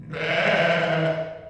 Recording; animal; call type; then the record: contact call of a hoofed animal; sheep; low-frequency (closed-mouth) or high-frequency (open-mouth) call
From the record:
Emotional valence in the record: negative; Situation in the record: short social isolation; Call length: 1.49 s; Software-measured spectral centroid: 1770 Hz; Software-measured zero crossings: 1910 a second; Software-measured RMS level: -23 dBFS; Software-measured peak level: -8 dBFS